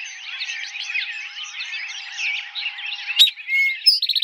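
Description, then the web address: Eastern towhee: a dense bird chatter comes first, then an Eastern towhee song near the end: a sharp note, a smooth whistle, a higher note and the start of a quick trill. Recorded in 2007. "Eastern Towhee 2007 01 04 Eastern Towhee"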